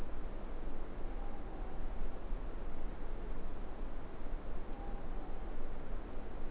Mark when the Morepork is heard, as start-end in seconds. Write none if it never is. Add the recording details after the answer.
1.00-1.95, 4.56-5.60. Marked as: faintness 5/5. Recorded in New Zealand. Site Eglinton